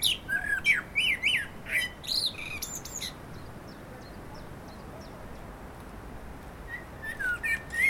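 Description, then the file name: Common blackbird warbling phrases with sliding whistles and high squeaky endings, followed by soft repeated ticks, then fluted notes resuming at the close. "Turdus merula"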